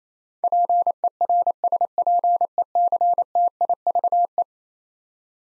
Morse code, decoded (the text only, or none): PERSPECTIVE